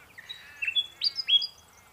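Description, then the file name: Bird calls: a quick series of high, thin chirps and short downward-slurred whistles bunched into two bursts. Unidentified bird recorded in mangroves. "bird unknown magroves"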